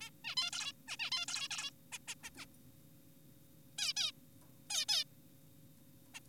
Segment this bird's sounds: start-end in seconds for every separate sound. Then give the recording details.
0.01-0.10, 0.24-0.35, 0.37-0.50, 0.53-0.72, 0.88-0.97, 1.00-1.10, 1.12-1.26, 1.28-1.48, 1.51-1.71, 1.92-1.98, 2.08-2.15, 2.24-2.30, 2.37-2.46, 3.78-3.93, 3.97-4.12, 4.70-4.85, 4.89-5.04, 6.14-6.20. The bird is an adult. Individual g4p5U